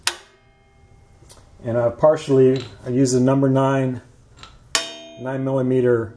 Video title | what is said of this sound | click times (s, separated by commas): Blade Replacemant Makita 2012NB Planer | the uh release and then turn the cutting head until it clicks in place | 0.1 s